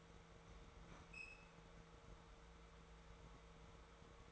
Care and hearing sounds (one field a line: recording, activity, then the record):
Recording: daily activity, microphone in the room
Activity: open fridge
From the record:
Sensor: 3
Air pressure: 1014.8 hPa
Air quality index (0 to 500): 196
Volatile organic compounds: 26 ppm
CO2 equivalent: 2863 ppm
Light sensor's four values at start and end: 29/72/30/32 and 17/44/18/19